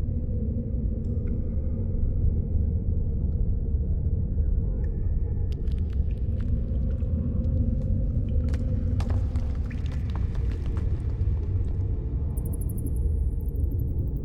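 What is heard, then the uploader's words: A steady, deep hollow rumble fills an underground space, with faint scattered clicks and drips sounding from about five seconds onward. Echo sounds of water dripping, rats, rocks falling, hollow wind. Haunted underground cemetery ambience. Cavern sounds.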